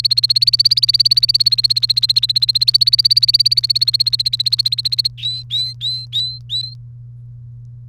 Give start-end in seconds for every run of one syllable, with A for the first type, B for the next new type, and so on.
0.00-5.08 A, 5.18-6.74 B